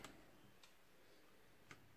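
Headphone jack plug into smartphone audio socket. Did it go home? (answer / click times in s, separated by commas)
no / none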